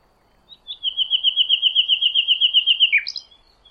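Bird trill, a steady, rapid, even run of warbling notes lasting about two and a half seconds, ending in a few higher, sharper notes.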